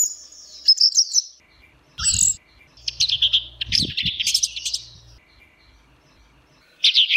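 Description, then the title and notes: Orange-headed thrush song: high, twittering bursts of varied notes with pauses between phrases, plus a few low thumps and rumbles underneath. Singing in the ngeplong style; a master recording used for training birds. "Suara Burung Anis Merah Ngeplong. Masteran Anis Kembang"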